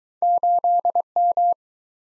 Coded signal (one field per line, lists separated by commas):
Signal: Morse code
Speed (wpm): 24 wpm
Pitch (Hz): 700 Hz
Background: none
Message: 8M